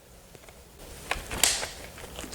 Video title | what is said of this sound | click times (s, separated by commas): Redroad W13 Wet Dry Vacuum Cleaner Product review | Clicks in place and we're all set to put it in the charging station | 1.4 s